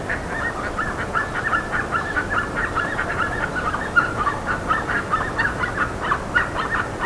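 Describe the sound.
Bird calls, many short harsh notes overlapping continuously in a busy chattering chorus, with steady background hiss.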